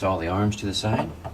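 The swing-out arm of a LeMans 2 corner cabinet pull-out fitting is handled and brought toward its mount on the side while someone talks throughout. Nothing has seated or clicked yet.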